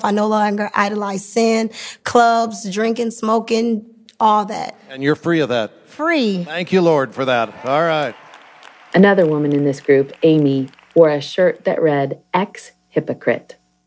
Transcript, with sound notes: I no longer idolize sin, clubs, drinking, smoking, all that.
And you’re free of that?
Free!
Thank You, Lord, for that! (applause and cheering)
Another woman in this group, Amy, wore a shirt that read Ex-Hypocrite.